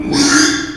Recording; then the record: squeal of a Yucatan mini pig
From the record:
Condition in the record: after surgery on the right vocal fold (resection and tissue-engineered implant); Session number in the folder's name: 3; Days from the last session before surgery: 33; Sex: male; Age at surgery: 12 weeks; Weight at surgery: 13 kg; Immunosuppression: cyclosporine, prednisolone